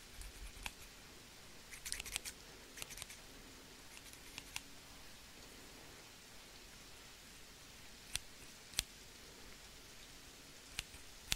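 Rain makes a steady, even hiss, broken by sharp bright ticks of drops, clustered near two to three seconds and again after eight.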